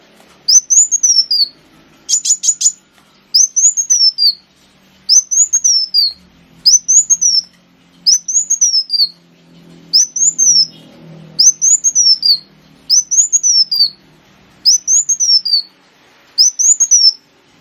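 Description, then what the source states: Sunbird song: a short high whistled phrase that rises then drops, repeated steadily many times. Sunbird known locally as kolibri wulung, used as a lure (pancingan).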